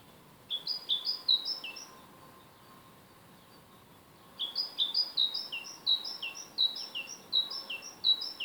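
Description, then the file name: Great tit singing short strings of paired high notes, a brief run, roughly two seconds of quiet, then a longer repeated see-saw sequence to the end. "Parus major"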